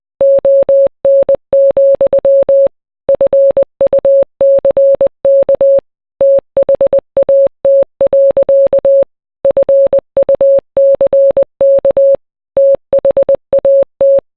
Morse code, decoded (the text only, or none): ON, FUCK THAT. FUCK THAT